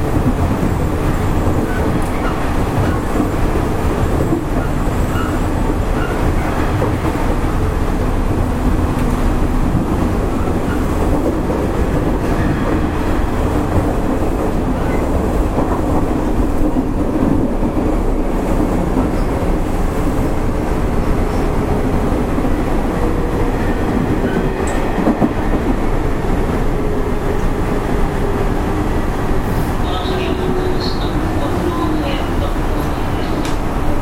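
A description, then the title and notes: Running noise of an electric train, heard from inside the moving car: a dense, steady low rumble that holds at an even loudness throughout. A faint motor whine slowly shifts in pitch, and a few light, bright squeaks come through near the end. 西鉄5000系 普通 二日市から薬院まで. 西日本鉄道 5000系電車の走行音です。 大牟田線の普通列車で録音しました。 It is running noise of Nishitetsu railway 5000 series train. I recorded on a local train at Omuta Line.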